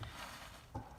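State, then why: Not seated. A wheel center cap is handled against a new aftermarket alloy wheel during a 2017 F150 tire and wheel swap to 33-inch tires on 20x12 wheels. Two brief sharp taps stand out at about 0.0 and 0.8 seconds over low handling noise. The cap has not seated or clicked into place yet.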